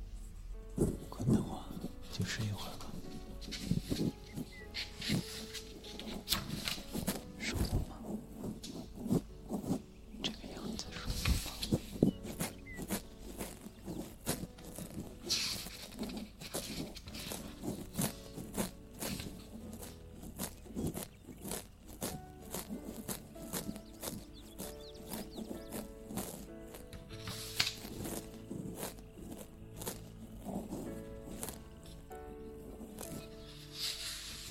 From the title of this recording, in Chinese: 翻书，海螺，音乐盒，按摩仪，写字